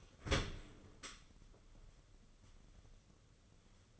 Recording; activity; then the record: daily activity, microphone in the room; open dishwasher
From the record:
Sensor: 4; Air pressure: 995.2 hPa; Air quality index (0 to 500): 214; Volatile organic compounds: 244 ppm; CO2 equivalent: 4344 ppm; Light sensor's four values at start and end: 38/117/44/50 and 38/117/44/50